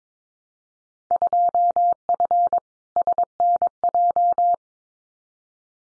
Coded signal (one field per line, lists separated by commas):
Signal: Morse code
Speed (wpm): 22 wpm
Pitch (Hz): 700 Hz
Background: none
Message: 2F SNJ